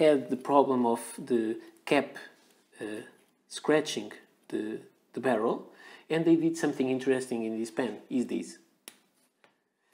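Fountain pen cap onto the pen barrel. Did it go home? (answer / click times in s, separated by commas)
yes / 8.9 s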